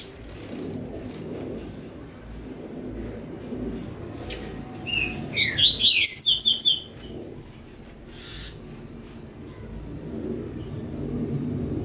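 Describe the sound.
Double-collared seedeater singing one dense phrase of rapid, bright twittering notes midway, with steady hiss and low rumble before and after.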